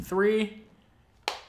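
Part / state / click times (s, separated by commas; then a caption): case corner onto smartphone / seated / 1.3 s. Someone talks as the fourth corner of a clear Supcase UB Air Mag case is pressed onto an iPhone 15 Pro Max. A sharp click at 1.3 s marks that corner snapping over the phone and seating.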